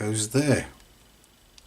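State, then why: Seated. A plastic prop joint is fitted into the front gearbox housing of a Tamiya DF01 Manta Ray RC car kit after the gears have been dropped in. Someone talks briefly, then after a quiet pause there is a faint tick at about 1.2 s and a sharp small click at 1.6 s as the prop joint seats in place.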